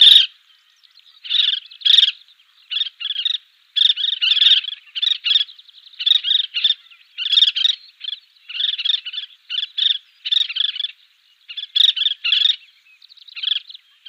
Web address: Schulze Peter Collared Pratincole